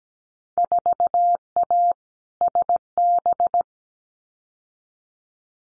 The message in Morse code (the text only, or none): 4A SB